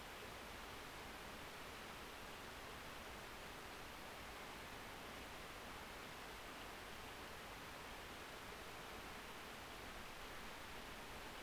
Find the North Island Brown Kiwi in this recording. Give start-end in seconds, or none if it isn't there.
none